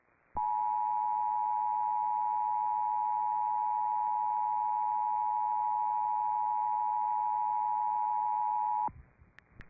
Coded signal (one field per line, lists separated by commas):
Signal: Emergency Alert System (SAME) tones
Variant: 853 and 960 Hz attention tone